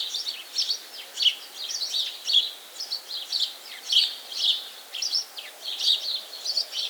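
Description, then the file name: House sparrow chatter: dense, continuous, scratchy chirping with many notes throughout, over faint background hiss. "Passer domesticus"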